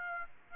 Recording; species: mosquito wingbeat signal from an infrared sensor; Aedes aegypti